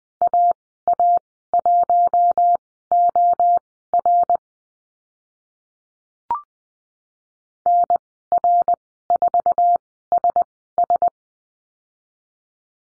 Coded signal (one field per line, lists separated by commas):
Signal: Morse code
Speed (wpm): 20 wpm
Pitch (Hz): 700 Hz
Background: none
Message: AA1OR NR4SS